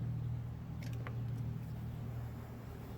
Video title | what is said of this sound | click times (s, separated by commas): How to Replace Pontiac Firebird Trans Am Headlights 1998-2002 (HID Conversion Kit Install) | just mesh the pins correctly and they should just click right in | 1.1 s